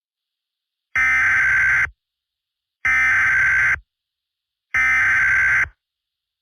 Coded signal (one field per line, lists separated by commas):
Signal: Emergency Alert System (SAME) tones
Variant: header bursts